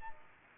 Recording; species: mosquito wingbeat signal from an infrared sensor; Aedes aegypti